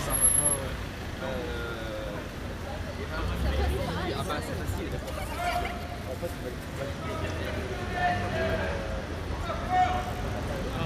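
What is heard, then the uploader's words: Pedestrians talk as they pass along a city street, overlapping voices over a steady low traffic rumble and brief high tones. Paris, September. Talking pedestrians on Rue du Roi de Sicile.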